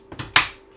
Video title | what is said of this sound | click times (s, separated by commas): The Plus/4 Repair Stream | it's snapped in place | 0.4 s